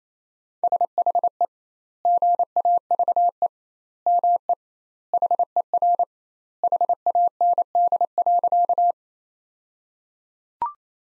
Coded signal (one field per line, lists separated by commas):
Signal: Morse code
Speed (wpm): 28 wpm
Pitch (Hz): 700 Hz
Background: none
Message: SHE GAVE ME HER HAND.